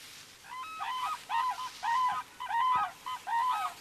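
Red-crowned crane calling in a rhythmic series of trumpeting, harmonic notes, roughly six calls in under four seconds, over a steady background hiss.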